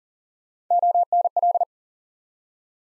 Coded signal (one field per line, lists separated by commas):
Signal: Morse code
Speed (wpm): 38 wpm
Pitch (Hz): 700 Hz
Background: none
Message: ONL